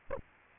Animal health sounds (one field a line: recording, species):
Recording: mosquito wingbeat signal from an infrared sensor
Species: Aedes aegypti